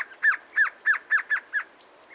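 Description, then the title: Glossy antshrike giving six down-slurred notes in a short series. Nominate subspecies Sakesphorus luctuosus luctuosus. "LuckyPassaro Completos2Sama. Glossy Antshrike"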